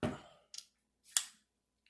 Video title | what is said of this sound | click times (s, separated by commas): Flintlock Trapper Pistol Kit | Oh, it didn't catch. Alright, so unsnap barrel. | none